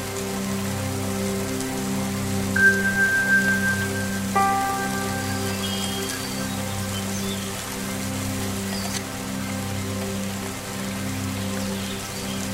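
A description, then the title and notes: Steady rain falls throughout, blended with the low, humming drone of Tibetan singing bowls that swells and fades slowly. Around three seconds a clear ringing tone enters, another strike follows near four seconds, and brief high chirps appear around six seconds. Smoothing music with Rain Sounds blended with Tibetan Singing Bowls and Birds chirping.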